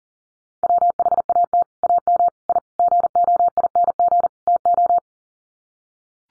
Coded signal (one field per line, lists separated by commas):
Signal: Morse code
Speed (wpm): 40 wpm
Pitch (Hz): 700 Hz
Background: none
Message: WHAT AM I GOING TO